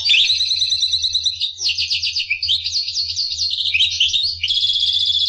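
Finch song, a fast run of high twittering trills and buzzy rattles that shift in pitch, continuous for about five seconds, with a low steady hum underneath.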